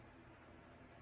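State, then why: Not seated. A gray stripped wire end is being slid into terminal two of the push-in speed switch on a 2008 Weatherworks 6" desk/clip fan during restoration. Only a steady, faint broadband hiss with soft rustling is heard, with no sharp transients. The wire has not seated or clicked into the terminal yet.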